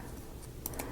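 A laser-cut wooden piece of a marble-run model kit is handled and pushed down toward its slot in the model frame. Low handling noise is heard, with two brief sharp ticks around 0.7 s and 0.8 s. Nothing has seated or clicked into place yet.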